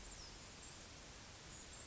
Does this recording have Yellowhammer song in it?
no